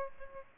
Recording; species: mosquito wingbeat signal from an infrared sensor; Aedes albopictus